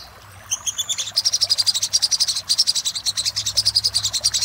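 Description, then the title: Little spiderhunter song: a fast, steady series of high, sharp chip notes running for about four seconds after a brief opening. Master recording used for training cage birds, labelled 'Labaik'. "Masteran Burung Sogok Ontong Labaik"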